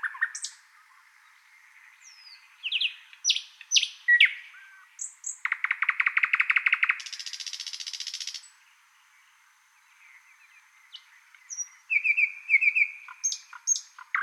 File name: British Library - Thrush Nightingale Luscinia luscinia